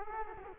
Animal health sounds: mosquito wingbeat signal from an infrared sensor; Culex quinquefasciatus

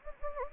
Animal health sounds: mosquito wingbeat signal from an infrared sensor; Anopheles gambiae

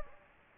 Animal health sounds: mosquito wingbeat signal from an infrared sensor; Anopheles gambiae

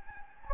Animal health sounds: mosquito wingbeat signal from an infrared sensor; Anopheles gambiae

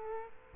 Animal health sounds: mosquito wingbeat signal from an infrared sensor; Culex quinquefasciatus

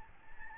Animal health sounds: mosquito wingbeat signal from an infrared sensor; Aedes albopictus

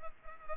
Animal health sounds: mosquito wingbeat signal from an infrared sensor; Culex pipiens

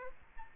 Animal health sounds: mosquito wingbeat signal from an infrared sensor; Aedes aegypti

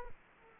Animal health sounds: mosquito wingbeat signal from an infrared sensor; Culex quinquefasciatus

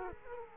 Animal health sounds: mosquito wingbeat signal from an infrared sensor; Culex quinquefasciatus

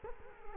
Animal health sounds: mosquito wingbeat signal from an infrared sensor; Culex quinquefasciatus

